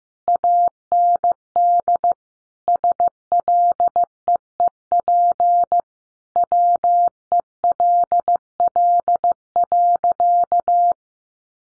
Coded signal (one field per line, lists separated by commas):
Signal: Morse code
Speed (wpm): 15 wpm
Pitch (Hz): 700 Hz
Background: none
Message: AND SLEEP WELL.